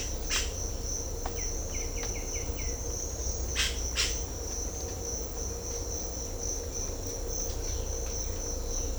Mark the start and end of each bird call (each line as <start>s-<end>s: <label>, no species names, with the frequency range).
0.30s-0.44s: bird call (1.2-5.8 kHz)
1.33s-2.66s: bird call (1.8-3.4 kHz)
3.57s-4.15s: bird call (1.1-5.9 kHz)